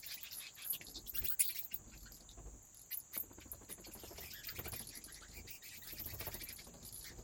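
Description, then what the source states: Bat wing flaps: dense fluttering patter in uneven waves, some louder sharp flaps near the start, with a continuous high-pitched tone underneath. Bats flapping their wings in a cave habitat.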